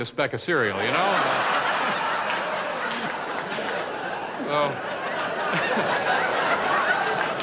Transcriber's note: laughter